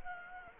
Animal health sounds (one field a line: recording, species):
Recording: mosquito wingbeat signal from an infrared sensor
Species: Anopheles gambiae